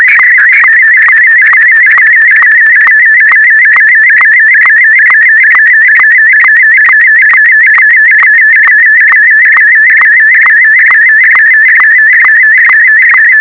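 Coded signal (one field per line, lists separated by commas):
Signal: SSTV (slow-scan television)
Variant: Martin M1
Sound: warbling tone near 2 kHz with a regular short low click about twice a second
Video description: A secret end of year message for my fellow nerds. #sstv #martin-m1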